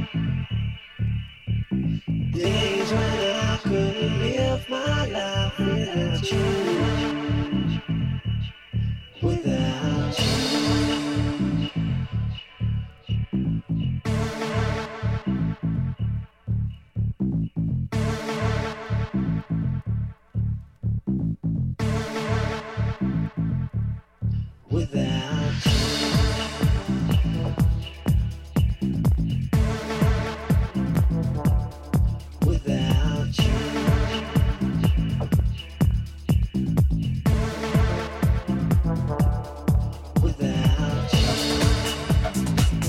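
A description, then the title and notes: Day of the Dead in Tucson, Arizona: dense, steady rhythmic music with bright crashes every few seconds, growing fuller and louder after twenty-five seconds. Day of the Dead, Tucson Arizona.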